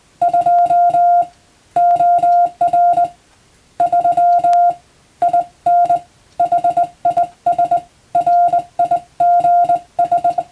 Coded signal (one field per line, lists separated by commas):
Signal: Morse code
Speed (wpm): 21 wpm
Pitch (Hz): 700 Hz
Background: music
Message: 2 OR 3 IN HIS RIGS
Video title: スマホがありながらなぜモールスなのか？自分で信号を操れる匠の技を覚えてみませんか？通信技術の原点！アマチュア無線の受信練習にも(morse code practice radio operator )